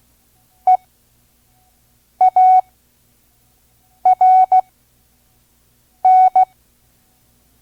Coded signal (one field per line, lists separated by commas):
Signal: Morse code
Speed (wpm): 16 wpm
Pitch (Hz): 740 Hz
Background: none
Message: EARN